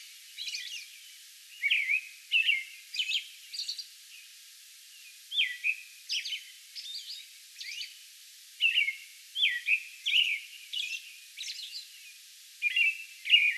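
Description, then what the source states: American robin delivering caroling song phrases in clusters, interspersed with high thin notes, brief lulls between clusters. Song bout recorded May 11.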